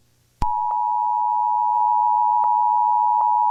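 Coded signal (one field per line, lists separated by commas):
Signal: Emergency Alert System (SAME) tones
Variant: 853 and 960 Hz attention tone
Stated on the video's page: Fictional EAS alert in an analogue horror piece, presented as deleted TV news footage.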